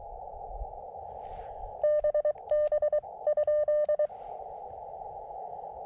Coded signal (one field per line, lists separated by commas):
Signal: Morse code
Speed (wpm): 22 wpm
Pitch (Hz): 600 Hz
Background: none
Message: BB?